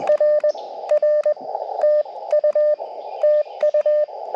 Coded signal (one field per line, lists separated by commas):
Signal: Morse code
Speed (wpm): 20 wpm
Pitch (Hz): 600 Hz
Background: radio noise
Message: R R TU TU